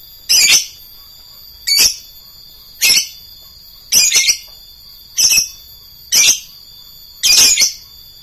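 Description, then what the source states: Lovebird repeating shrill, raspy shrieks about once a second, some doubled, over a faint steady high tone. Song style called konslet.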